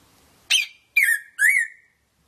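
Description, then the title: Red-throated parrotfinch calls: three rich, harmonic call notes in a row, the last sliding slightly upward, with quiet between them. "Erythrura Psittacea"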